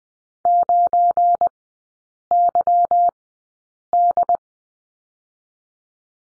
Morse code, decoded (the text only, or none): 9YD